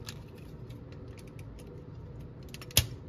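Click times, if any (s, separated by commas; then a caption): 2.8 s. During transformation of an X-Transbots MX-27 Janssen Masterpiece Perceptor action figure, a plastic part that would not sit properly is pushed into the figure's body until it locks. Faint plastic clicks and handling noises lead up to one loud, sharp snap at 2.8 s as the part seats firmly in its locked position.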